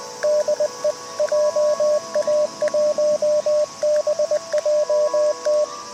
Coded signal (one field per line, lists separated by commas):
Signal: Morse code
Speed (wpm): 20 wpm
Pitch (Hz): 590 Hz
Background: radio noise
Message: DE JA1BJT